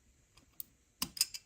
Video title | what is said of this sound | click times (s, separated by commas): PART 1. C5-C6 Corvette TBM Brake Kit Install (FRONT) Full Guide from start to finish. | There you go. You hear that click? It should engage like this. | 0.6 s, 1.0 s